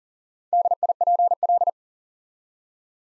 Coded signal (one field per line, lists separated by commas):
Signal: Morse code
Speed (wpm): 40 wpm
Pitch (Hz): 700 Hz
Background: none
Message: DIPL